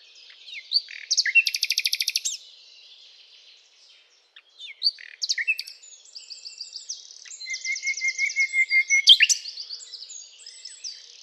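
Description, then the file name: Common nightingale song: a loud rapid trill, scattered sharp notes, then a long sequence of repeated pulsed notes with a steady row of lower short notes. "Luscinia megarhynchos"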